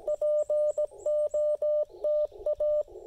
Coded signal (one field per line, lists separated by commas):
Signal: Morse code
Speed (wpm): 16 wpm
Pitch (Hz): 600 Hz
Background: none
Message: POTA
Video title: POTA: Pairing the LDG Z-100 Plus, Icom IC-705, and Chameleon CHA Emcomm III Portable